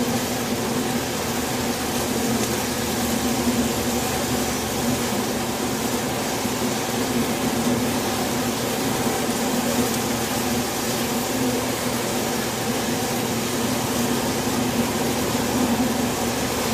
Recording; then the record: honeybee colony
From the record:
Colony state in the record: swarm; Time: day